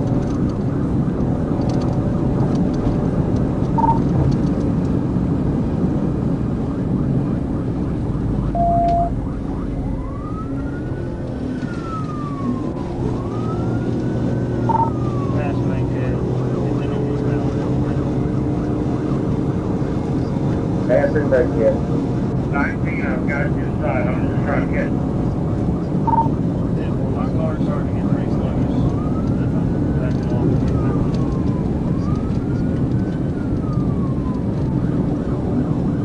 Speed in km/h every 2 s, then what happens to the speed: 217, 222, 224, 209, 179, 164, 172, 182, 192, 196, 203, 204, 206, 209, 211, 212, 206, 204.
0-5 steady at about 222. 5-9 brakes to 164. 9-19 speeds up to 203. 19-36 steady at about 206.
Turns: none.